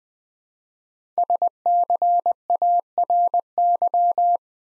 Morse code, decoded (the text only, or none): SCARY